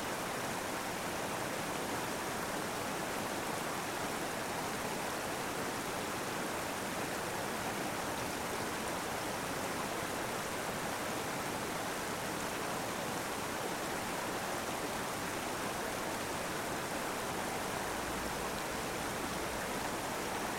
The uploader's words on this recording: The headwaters of The Wind River, this lake sits in the Rocky Mountains east of Grand Teton National Park. Recorded by a small waterfall downslope from the lake itself. Edited to remove the noise of passing traffic on HW26. Recorded on a F6 via a matched pair of Lewitt 141 Air mics in ball wind filters and fluffy covers mounted on a stereo bar attached to a tripod.